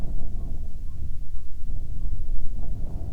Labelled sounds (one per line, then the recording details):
bird
wind
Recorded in the Prudhoe Bay oil fields, Alaska, on 7 August 2019 at 14:12
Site 17